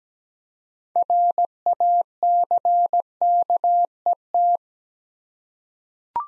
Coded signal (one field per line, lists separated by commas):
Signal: Morse code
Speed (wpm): 17 wpm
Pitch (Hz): 700 Hz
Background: none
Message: RACKET